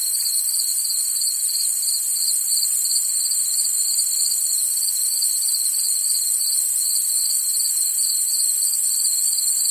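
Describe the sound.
Cricket: steady pulsed chirping from crickets, roughly three beats a second, layered with continuous high-pitched insect buzzing throughout.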